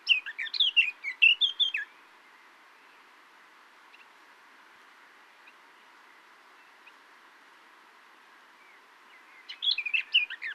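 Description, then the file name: Eurasian blackcap calls, a quick cluster of high chirps at the start, a long quiet stretch, then another burst of sharp notes at the end. "Sylvia atricapilla"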